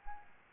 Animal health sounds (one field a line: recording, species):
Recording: mosquito wingbeat signal from an infrared sensor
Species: Aedes albopictus